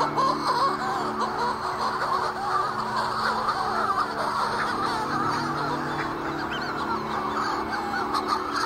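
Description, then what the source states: Manx shearwaters calling together, rough howling cries in a steady, crowded wash of sound for the whole stretch. Heard unseen in spring and summer circling the island summit; banshee-like screams and howls that once made the air seem full of demons.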